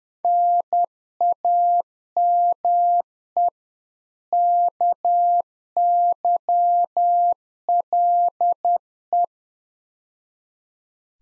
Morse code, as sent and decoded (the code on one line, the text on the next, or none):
-. .- -- . / -.- -.-- .-.. .
NAME KYLE